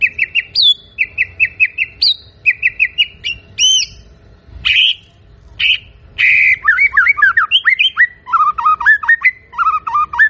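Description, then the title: White-rumped shama song with repeated chirp series broken by higher notes, a few loud single calls, then a lively stream of varied whistled phrases. Lure of a strongly singing bird, meant to provoke a response from other birds. "PANCINGAN MURAI BATU GACOR"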